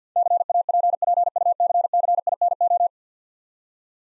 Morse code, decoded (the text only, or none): CAPPUCCINO